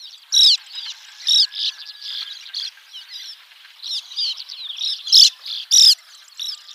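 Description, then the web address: Sand martin giving dry, raspy chirping calls, many in quick, irregular succession. "Schulze Peter Sand Martin"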